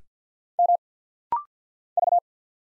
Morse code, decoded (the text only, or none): M V